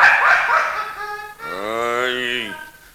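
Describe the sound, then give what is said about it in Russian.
A stray mongrel dog gives a rough, noisy bark, then two drawn-out tonal yowls, the second longer, rising and falling in pitch, with no one speaking. “Где ты достал эту бездомную собаку?”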